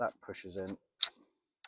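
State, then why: Not seated. Someone talks while pushing the push-button shaft section of a Bosch EasyGrassCut 18 18V cordless strimmer into its housing joint during assembly. A sharp handling tick follows at about 1.0 s and a faint one at about 1.6 s. The plastic latch has not clicked and the part has not seated yet.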